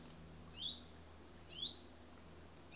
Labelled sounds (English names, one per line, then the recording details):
Common Chiffchaff
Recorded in Germany
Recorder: ecoPi